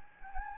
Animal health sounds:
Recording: mosquito wingbeat signal from an infrared sensor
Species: Anopheles gambiae

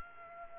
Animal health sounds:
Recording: mosquito wingbeat signal from an infrared sensor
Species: Aedes aegypti

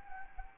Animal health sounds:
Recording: mosquito wingbeat signal from an infrared sensor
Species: Anopheles arabiensis

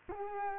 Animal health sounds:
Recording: mosquito wingbeat signal from an infrared sensor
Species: Culex quinquefasciatus

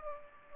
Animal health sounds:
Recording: mosquito wingbeat signal from an infrared sensor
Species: Aedes aegypti

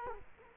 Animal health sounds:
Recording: mosquito wingbeat signal from an infrared sensor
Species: Culex quinquefasciatus

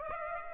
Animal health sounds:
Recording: mosquito wingbeat signal from an infrared sensor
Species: Aedes aegypti

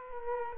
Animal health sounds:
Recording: mosquito wingbeat signal from an infrared sensor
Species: Culex quinquefasciatus

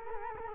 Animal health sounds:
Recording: mosquito wingbeat signal from an infrared sensor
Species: Culex quinquefasciatus

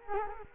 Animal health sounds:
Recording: mosquito wingbeat signal from an infrared sensor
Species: Culex quinquefasciatus

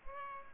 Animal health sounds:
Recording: mosquito wingbeat signal from an infrared sensor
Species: Culex pipiens

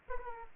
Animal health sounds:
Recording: mosquito wingbeat signal from an infrared sensor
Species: Aedes aegypti

